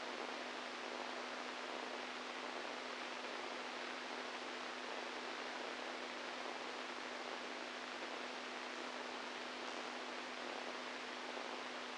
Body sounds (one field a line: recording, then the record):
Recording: brain microelectrode recording played as sound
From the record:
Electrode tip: inside the subthalamic nucleus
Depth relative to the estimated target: 1 mm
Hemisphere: right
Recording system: NeuroSet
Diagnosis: Parkinson's disease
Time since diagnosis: 10 years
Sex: male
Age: 65 years